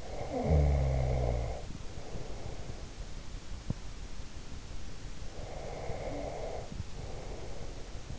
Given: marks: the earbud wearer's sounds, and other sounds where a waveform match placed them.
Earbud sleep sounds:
sounds in sleep by an in-ear microphone; snoring breath, breath
0.07-2.87 s: snoring breath
5.41-8.18 s: breath

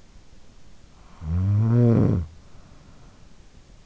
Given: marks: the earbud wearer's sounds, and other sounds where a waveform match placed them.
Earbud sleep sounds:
sounds in sleep by an in-ear microphone; snoring breath
0.55-3.57 s: snoring breath

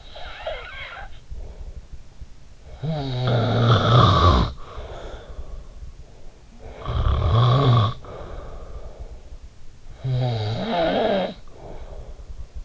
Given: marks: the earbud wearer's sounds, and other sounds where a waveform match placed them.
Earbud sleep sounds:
sounds in sleep by an in-ear microphone; snoring breath
0.00-2.28 s: snoring breath
2.56-6.22 s: snoring breath
6.45-9.54 s: snoring breath
9.82-12.65 s: snoring breath

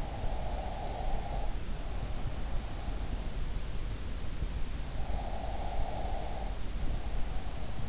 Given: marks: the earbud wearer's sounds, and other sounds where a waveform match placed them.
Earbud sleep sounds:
sounds in sleep by an in-ear microphone; breath
0.06-3.06 s: breath
4.98-7.89 s: breath

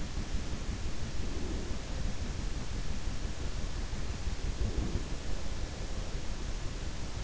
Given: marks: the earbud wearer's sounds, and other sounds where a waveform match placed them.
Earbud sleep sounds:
sounds in sleep by an in-ear microphone; breath
1.29-2.00 s: breath
4.28-5.12 s: breath

